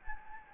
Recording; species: mosquito wingbeat signal from an infrared sensor; Anopheles gambiae